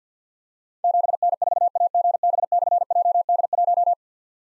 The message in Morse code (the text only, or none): 7N4AGB/JD1